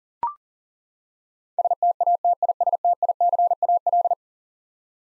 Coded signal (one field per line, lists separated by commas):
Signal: Morse code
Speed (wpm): 40 wpm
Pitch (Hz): 700 Hz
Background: none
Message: STATISTICAL